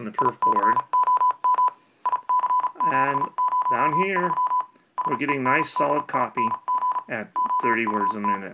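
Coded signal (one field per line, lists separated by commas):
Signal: Morse code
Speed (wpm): 36 wpm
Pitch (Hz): 1000 Hz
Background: speech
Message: ICOM IC703 SENDING OUT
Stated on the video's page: CW copied acoustically from a speaker by an Arduino tone decoder via a microphone amplifier.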